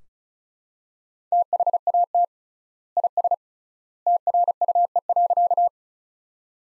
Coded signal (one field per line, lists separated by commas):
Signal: Morse code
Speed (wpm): 36 wpm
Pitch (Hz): 700 Hz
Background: none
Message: THAT IS TRUE.